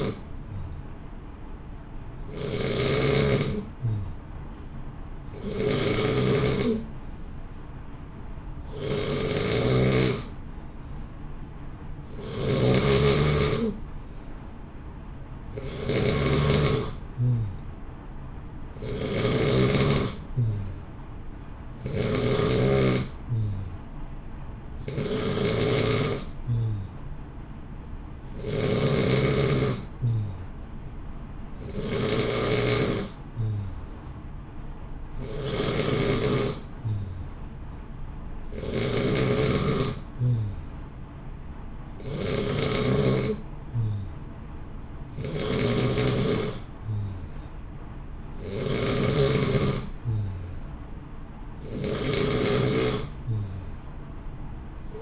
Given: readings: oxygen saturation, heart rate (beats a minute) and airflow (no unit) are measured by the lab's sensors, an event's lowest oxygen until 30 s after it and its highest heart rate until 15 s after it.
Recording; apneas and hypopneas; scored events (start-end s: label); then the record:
breathing in sleep by a smartphone at the bedside; none
none scored
From the record:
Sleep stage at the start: N2 (light sleep); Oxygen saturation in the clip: 89 to 91%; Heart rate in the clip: 59 to 63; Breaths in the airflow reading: 18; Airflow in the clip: -0.9 to 0.9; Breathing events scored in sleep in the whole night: 328 in 6.3 hours asleep